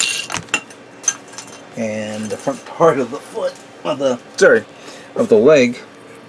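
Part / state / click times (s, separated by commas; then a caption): plastic foot front part onto model kit leg frame / not seated / none. The plastic front part of the foot is handled and pushed toward the leg frame of a 1/144 HG Gundam Kimaris model kit, making a few short plastic clicks and taps in the first second and a half. Someone then talks over faint handling noise. The part has not seated or clicked into place yet by the end of the clip.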